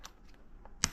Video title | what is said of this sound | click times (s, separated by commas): THIS IS SO UNEXPECTED!!! | until it clicks. | 0.8 s